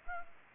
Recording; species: mosquito wingbeat signal from an infrared sensor; Aedes aegypti